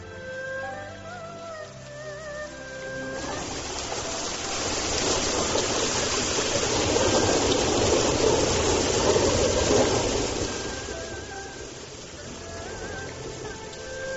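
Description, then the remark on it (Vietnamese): Heavy rain pours in a dense, steady hiss that swells louder for several seconds before easing off, with soft melodic music playing before and after the downpour. “Dù bên ngoài đang mưa rất to, bầu trời lại đông nghìn nghịt”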